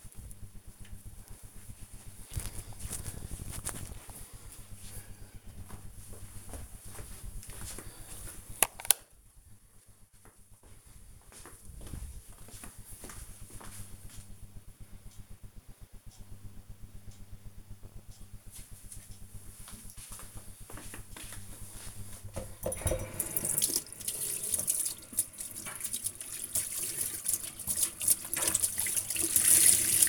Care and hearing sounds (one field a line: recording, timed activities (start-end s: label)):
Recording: household activities, microphone on the right wrist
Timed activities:
21.88-30.09 s: cleaning table